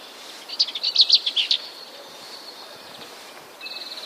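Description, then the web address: Lesser Whitethroat song: a short burst of quick, high, repeated notes for about a second, followed by quiet background and a faint high trill at the end. "wroblowe kolekcja piegza"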